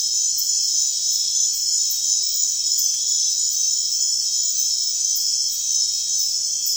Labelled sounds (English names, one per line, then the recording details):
none
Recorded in secondary vegetation near Puerto Asís, Putumayo, Colombia, on 24 June 2025 at 00:00
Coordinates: 0.498, -76.327
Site GP09